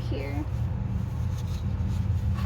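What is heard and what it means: During an oil change under a car, a threaded part, the oil filter or cap, is being started onto its mating thread on the engine, but the thread is not catching. Someone talks over a steady low hum, and no click or impact is heard. Nothing has seated or clicked yet.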